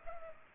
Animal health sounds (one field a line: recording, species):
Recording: mosquito wingbeat signal from an infrared sensor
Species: Culex pipiens